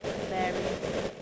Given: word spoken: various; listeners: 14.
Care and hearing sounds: one English word in noise, from a listening test; noise modulated by three-talker babble; -3.2 dB; 0 of 14; 6 of 14; 0.82 s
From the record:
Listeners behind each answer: 6, 3, 2, 2, 1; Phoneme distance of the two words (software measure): 27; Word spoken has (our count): 2 syllables, 5 phonemes, stress on syllable 1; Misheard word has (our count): 2 syllables, 4 phonemes, stress on syllable 1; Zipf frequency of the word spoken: 4.56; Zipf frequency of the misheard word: 4.16

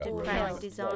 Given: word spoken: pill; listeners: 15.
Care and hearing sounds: one English word in noise, from a listening test; four-talker babble; -2.0 dB; 0 of 15; 6 of 15; 0.56 s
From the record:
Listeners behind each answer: 6, 2, 1, 1, 1, 1, 1, 1, 1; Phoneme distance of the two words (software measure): 48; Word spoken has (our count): 1 syllable, 3 phonemes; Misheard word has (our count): 2 syllables, 7 phonemes, stress on syllable 2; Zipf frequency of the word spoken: 3.81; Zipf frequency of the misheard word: 3.89

